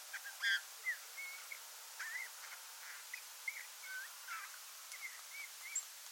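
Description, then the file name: Eurasian bullfinch making quiet whistled and slurred notes mixed with a few scratchy chirps, irregularly spaced, against soft background hiss. "Pyrrhula pyrrhula"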